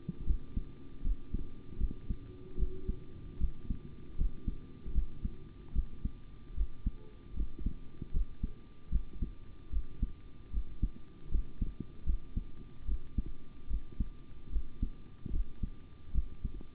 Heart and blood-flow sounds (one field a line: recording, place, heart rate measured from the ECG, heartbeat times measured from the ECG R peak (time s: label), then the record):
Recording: heart sounds by stethoscope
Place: between the tricuspid and mitral areas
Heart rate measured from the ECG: 76 bpm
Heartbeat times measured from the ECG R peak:
0.25 s: heartbeat
1.02 s: heartbeat
1.78 s: heartbeat
2.57 s: heartbeat
3.38 s: heartbeat
4.16 s: heartbeat
4.93 s: heartbeat
5.73 s: heartbeat
6.55 s: heartbeat
7.34 s: heartbeat
8.11 s: heartbeat
8.90 s: heartbeat
9.70 s: heartbeat
10.51 s: heartbeat
11.29 s: heartbeat
12.04 s: heartbeat
12.86 s: heartbeat
13.68 s: heartbeat
14.50 s: heartbeat
15.31 s: heartbeat
16.12 s: heartbeat
From the record:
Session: rest, sitting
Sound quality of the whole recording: good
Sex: male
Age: 25 years